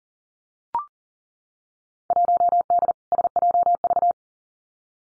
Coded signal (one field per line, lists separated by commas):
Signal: Morse code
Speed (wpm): 39 wpm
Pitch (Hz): 700 Hz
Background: none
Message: 1D SJV